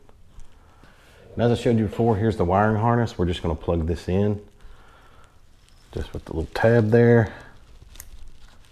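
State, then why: Seated. Someone talks while the plastic connector of an Advanblack Switchback Flare LED light is plugged into a motorcycle wiring harness connector. A sharp click at 8.0 s marks the locking tab engaging, and the connector is seated.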